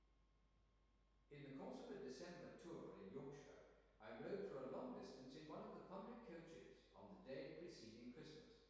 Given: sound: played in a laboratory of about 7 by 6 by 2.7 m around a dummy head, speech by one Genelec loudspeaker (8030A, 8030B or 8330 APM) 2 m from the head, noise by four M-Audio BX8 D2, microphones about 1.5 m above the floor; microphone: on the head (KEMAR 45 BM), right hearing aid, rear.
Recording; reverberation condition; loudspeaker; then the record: male speech in English; high; 90 degrees to the left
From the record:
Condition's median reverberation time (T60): about 1300 ms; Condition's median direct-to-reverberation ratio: about -4.0 dB